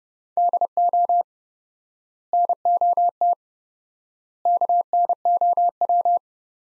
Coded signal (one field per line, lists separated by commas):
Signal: Morse code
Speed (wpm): 30 wpm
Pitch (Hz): 700 Hz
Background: none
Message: DO NOT KNOW